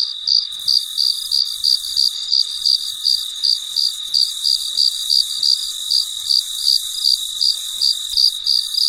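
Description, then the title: Cricket chirping in a steady high-pitched stream of rapid pulses, about three per second, over a continuous shrill background. Recorded late at night; very quiet surroundings. "深夜录制蟋蟀昆虫声"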